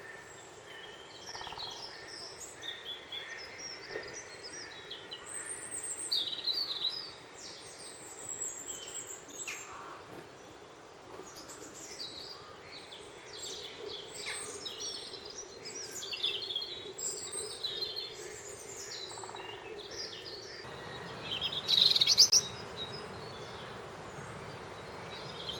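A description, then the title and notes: Goldfinch twitters and chirps come in scattered bursts throughout, bright and high, with a busier cluster around six to seven seconds and a sharp, loud call near twenty-two seconds. A steady low hiss of background noise runs underneath the whole time. Goldfinch. Very european bird.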